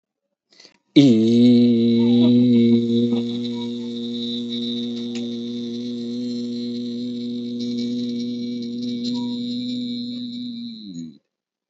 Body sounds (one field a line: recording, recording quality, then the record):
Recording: sustained vowel as in beet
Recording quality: excellent, no background noise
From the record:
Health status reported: healthy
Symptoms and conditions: none ticked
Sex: male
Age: 34 years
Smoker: not ticked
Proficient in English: yes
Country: India